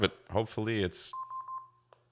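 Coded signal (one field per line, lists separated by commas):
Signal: none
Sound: radio button press beeps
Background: speech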